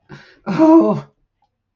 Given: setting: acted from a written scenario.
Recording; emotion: vocal sound without words; anger